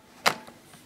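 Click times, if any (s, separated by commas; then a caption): 0.3 s. The detachable plastic wand of a Vax Air 3 Max bagless upright vacuum cleaner is pushed back into its dock on the machine body. A single sharp, loud click at 0.3 s is followed by a brief, faint tail of smaller ticks. The wand is seated in place.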